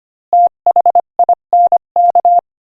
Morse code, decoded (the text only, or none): THINK